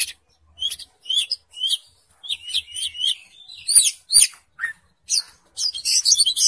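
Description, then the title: Oriental magpie-robin song of short high whistled notes and scratchy chirps, given in separated bursts that grow busier toward the end. "Kacer"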